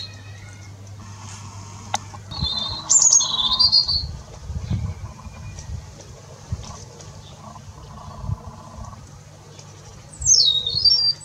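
Bird calls in short bursts: high twittering and warbled notes around three seconds, then a sharp descending chirp near the end, over low background noise.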